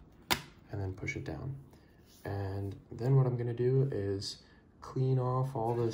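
A second DDR3 RAM stick, inserted at a 45-degree angle into the SO-DIMM memory slot of a mid-2012 13-inch Apple MacBook Pro during an upgrade to 16GB, is pushed in firmly and pressed down until the side retaining clips snap over it. A single sharp, loud click is heard at 0.3 s, and the module is seated. Someone talks afterward.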